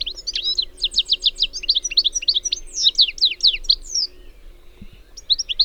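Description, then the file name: European goldfinch twittering: rapid bursts of bright, liquid chirps and tinkling notes, running almost continuously for four seconds, then a short pause before more chirps. "Carduelis carduelis"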